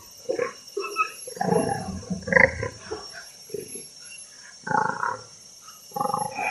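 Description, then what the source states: Young orangutan laughing in bursts of breathy grunts and sharp inhalations, uneven rhythm over several seconds, with little voiced ha-ha quality. Young orangutan laughing, played again; more grunting and inhaling than human laughter, which is more vocalized.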